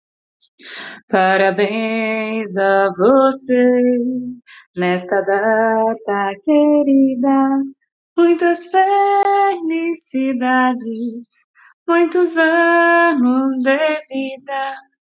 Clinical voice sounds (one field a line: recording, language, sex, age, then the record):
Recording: short text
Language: Brazilian Portuguese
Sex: female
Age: 30 to 39 years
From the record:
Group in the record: control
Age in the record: 33 years